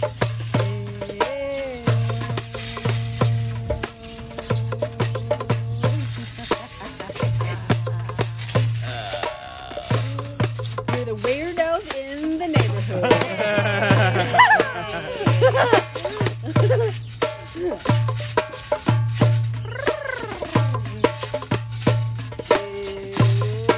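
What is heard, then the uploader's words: A drum circle in the front yard of the music monastery in east Nashville, with steady low drum hits repeating in a regular pulse throughout. Wavering, swooping siren-like tones and sustained notes glide over the beat, while dense sharp clicks and taps fill the top. Opening Drum Circle and psycadelic sirens. This was a spontaneous music circle - improvisation, and flow with strangers who just met.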